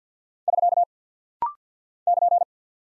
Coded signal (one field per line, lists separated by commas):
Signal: Morse code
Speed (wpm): 48 wpm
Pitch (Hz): 700 Hz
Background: none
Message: <SK> <KN>